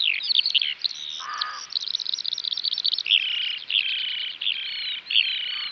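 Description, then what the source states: Eurasian Skylark song, rapid high twittering shifting to repeated ringing slurred phrases, with a brief lower buzzy note early on. Recorded in West Clare; synonymous with warm summer days; the song is incredibly fast.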